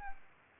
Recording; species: mosquito wingbeat signal from an infrared sensor; Anopheles arabiensis